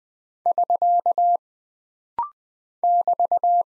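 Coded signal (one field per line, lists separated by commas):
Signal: Morse code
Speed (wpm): 20 wpm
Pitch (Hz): 700 Hz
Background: none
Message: <SK> <BT>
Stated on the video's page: Punctuation and prosign drill at 20 wpm, each character sent, spoken, then sent again, with rapid-fire timing for instant character recognition.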